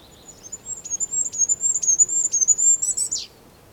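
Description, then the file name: Goldcrest song: a rapid, very high, thin series of see-sawing notes lasting about three seconds, closing with a quick, slightly lower twiddling flourish. Song; Europe. "Wintergoldhaehnchen Gesang Voegel in Europa"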